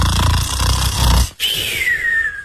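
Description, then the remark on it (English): A voice imitates snoring: a loud, rough, rattling inhale lasting just over a second, a brief pause, then a thin whistling exhale that glides steadily downward in pitch. “To snore is to make a noise like this.”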